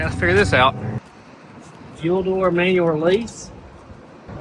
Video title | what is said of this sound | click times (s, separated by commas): Can We Make It To Yellowstone? 5000 Mile Road Trip! | I bet it was No, we didn't even hear it click though, did we? | none